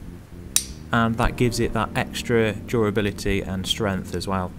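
A metal implement of a SATA multitool is folded out from the multitool body until it locks in place, with a sharp, loud click at 0.6 s. Someone then talks, and the implement stays locked open.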